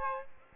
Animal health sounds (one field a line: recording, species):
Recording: mosquito wingbeat signal from an infrared sensor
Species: Aedes aegypti